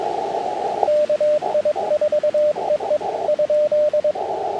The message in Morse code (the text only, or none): KI4EE ?